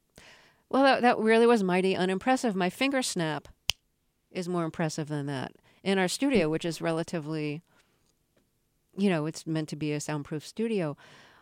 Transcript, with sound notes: Well, that really was mighty unimpressive. My finger snap...
(SOUNDBITE OF FINGER SNAP)
...is more impressive than that in our studio, which is relatively - you know, it's meant to be a soundproof studio.